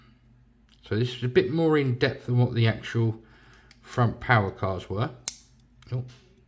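Someone talks while handling a model train motor car, prying its plastic body shell off the chassis by its clips. The part is only being handled here; nothing has seated or clicked yet.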